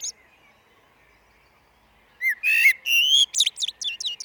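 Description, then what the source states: Common blackbird song phrase after a quiet start: a short fluted warble rising into thin, high, scratchy twittering notes. Recorded in a glen.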